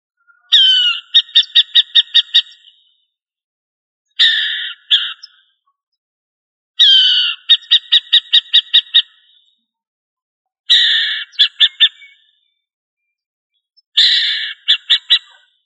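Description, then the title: Bird calls in five bouts, each a harsh rasping note followed by a quick run of buzzy pulses, with silence between bouts. "LuckyPassaros CompletosSama"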